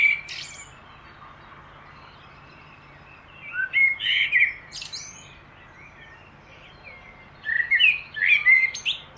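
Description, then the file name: Common blackbird singing melodious warbled phrases a few seconds apart, with high squeaky flourishes. "Turdus merula"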